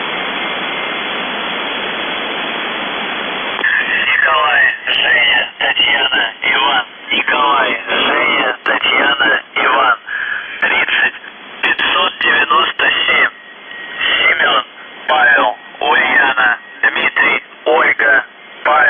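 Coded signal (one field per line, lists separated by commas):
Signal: coded military voice message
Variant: UVB-76, Russian voice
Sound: radio hiss, then a man's voice reading a short message in bursts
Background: radio static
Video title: The Buzzer/UVB-76(4625Khz) July 5, 2021 08:06UTC Voice message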